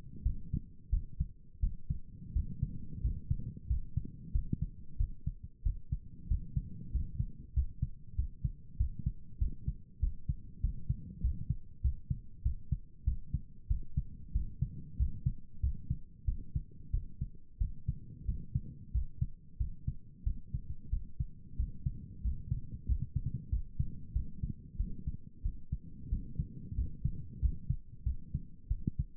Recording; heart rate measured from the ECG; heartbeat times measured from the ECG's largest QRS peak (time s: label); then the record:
heart sounds by stethoscope; 93 bpm
0.23 s: heartbeat
0.90 s: heartbeat
1.60 s: heartbeat
2.33 s: heartbeat
3.01 s: heartbeat
3.67 s: heartbeat
4.32 s: heartbeat
4.97 s: heartbeat
5.63 s: heartbeat
6.28 s: heartbeat
6.91 s: heartbeat
7.53 s: heartbeat
8.15 s: heartbeat
8.77 s: heartbeat
9.38 s: heartbeat
10.00 s: heartbeat
10.61 s: heartbeat
11.21 s: heartbeat
11.81 s: heartbeat
12.42 s: heartbeat
13.04 s: heartbeat
13.67 s: heartbeat
14.32 s: heartbeat
14.97 s: heartbeat
15.60 s: heartbeat
16.25 s: heartbeat
16.91 s: heartbeat
17.58 s: heartbeat
18.25 s: heartbeat
18.92 s: heartbeat
19.57 s: heartbeat
20.24 s: heartbeat
20.90 s: heartbeat
21.56 s: heartbeat
22.21 s: heartbeat
22.86 s: heartbeat
23.49 s: heartbeat
24.12 s: heartbeat
24.77 s: heartbeat
25.42 s: heartbeat
26.09 s: heartbeat
26.75 s: heartbeat
27.39 s: heartbeat
28.03 s: heartbeat
28.68 s: heartbeat
From the record:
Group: healthy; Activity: rest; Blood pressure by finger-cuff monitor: 109/75 mmHg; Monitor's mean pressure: 84 mmHg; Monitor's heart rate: 93 bpm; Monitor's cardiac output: 7.5 L/min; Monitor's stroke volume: 80 mL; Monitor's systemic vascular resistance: 810 dyn s/cm5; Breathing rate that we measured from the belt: 15 breaths a minute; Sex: male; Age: 19 years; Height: 178 cm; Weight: 83 kg